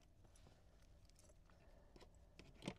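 A black plastic retaining clip is being handled and pushed toward place to hold the carpet and trim in a Tesla Model Y, during installation of a Hansshow F9 screen with CarPlay and front camera. Soft rustling and light plastic handling sounds are heard, rising to two brief sharp knocks at about 2.7 s and 2.8 s. Nothing has seated or clicked yet.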